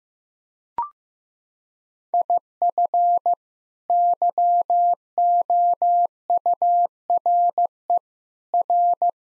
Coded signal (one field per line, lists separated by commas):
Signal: Morse code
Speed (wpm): 15 wpm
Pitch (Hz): 700 Hz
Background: none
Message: IF YOURE R